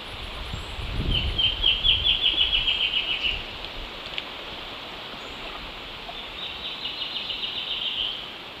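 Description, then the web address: Black-chinned antbird trill of quick repeated notes for two seconds, a low thump at its start, then a fainter answering series later amid constant background noise. A duet, recorded in the eastern lowlands of South America. "Natures Songs S America Eastern Lowlands. Hypocnemoides melanopogon, duet"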